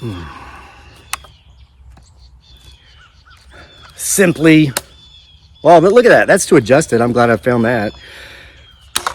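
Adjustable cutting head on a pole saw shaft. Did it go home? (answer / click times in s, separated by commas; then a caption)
yes / 9.0 s. The pivoting cutting head on the shaft of a SeeSii 4-in-1 pole saw is adjusted until it locks into a detent position, with a sharp click at 9.0 s as it seats in place. Someone talks between a few quiet handling taps, and the head ends up confirmed locked at its new angle.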